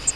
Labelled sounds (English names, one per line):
Grace's Warbler flight call